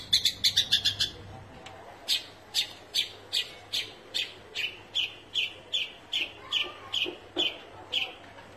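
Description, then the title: Long-tailed shrike song: a quick burst of harsh chattering notes, then a steady series of rasping calls repeated about twice a second, with a low hum beneath. Song style called 'kombinasi' (combination). "Cendet Kombinasi"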